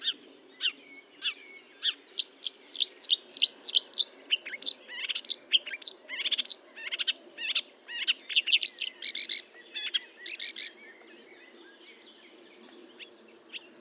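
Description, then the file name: Marsh warbler song: a long, lively stream of varied chirps, trills and scratchy notes, then fading to a few soft notes. Recorded at Fontaine-Française (Fourneau), France, on 1 June 2022 at 10:55, with a Nagra recorder and Telinga microphone. "Rousserolle verderolle 20220601 1055 Fontaine-Francaise-Fourneau-Nagra-Telinga"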